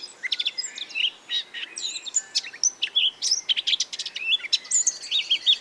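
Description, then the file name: Eurasian blackcap: busy, scratchy warble of quick chirps and short whistles over a constant background hiss. "Sylvia atricapilla"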